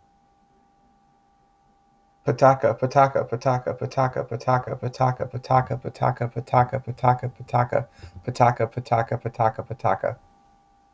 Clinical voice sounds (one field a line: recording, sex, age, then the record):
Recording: repeated syllables /pa ta ka/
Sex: male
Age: 20 to 29 years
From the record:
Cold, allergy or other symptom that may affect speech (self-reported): no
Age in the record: 28 years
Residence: Pennsylvania, United States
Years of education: 16